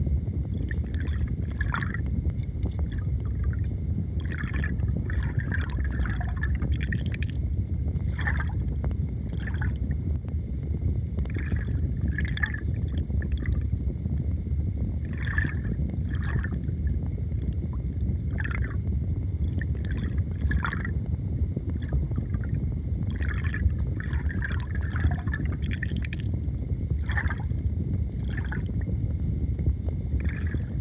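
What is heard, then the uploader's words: A river runs steadily, a dense low rush that never lets up. Over it, bright trickling splashes and droplet sounds come in short clusters every few seconds, while a faint, thin high tone hangs constantly in the background. River recorded on the banks of the rio Sousa in Portugal, Summer 2023.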